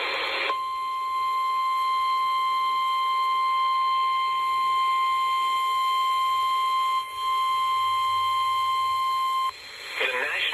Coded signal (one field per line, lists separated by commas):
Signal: Emergency Alert System (SAME) tones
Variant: 1050 Hz attention tone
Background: speech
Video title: Severe Thunderstorm Warning on 106.3 EAS#536